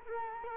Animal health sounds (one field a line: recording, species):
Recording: mosquito wingbeat signal from an infrared sensor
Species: Culex quinquefasciatus